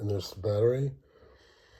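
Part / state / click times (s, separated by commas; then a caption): battery holder or cover into an acoustic guitar's preamp housing / not seated / none. Someone talks for about a second near the battery holder or cover of an Ortega signature acoustic guitar's plastic electronics/preamp housing, then faint, quiet handling noise follows. The holder or cover is being handled but has not gone home yet; nothing has seated or clicked.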